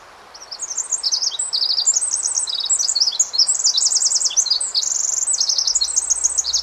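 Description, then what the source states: Pacific wren song, a long rapid torrent of very high, tinkling trills and twitters tumbling without pause, notes packed densely together over a soft background hiss. Male sings perched on a snag about 10 to 15 feet above ground in forest; song packs very many fast notes into a short time.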